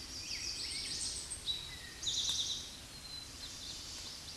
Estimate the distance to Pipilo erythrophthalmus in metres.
about 25 m